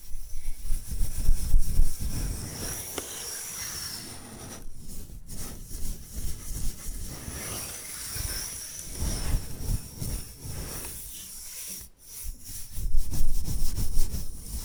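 Bamboo being brushed and scratched in dense, uneven strokes, with a low rumble underneath and a sharp dropout near twelve seconds.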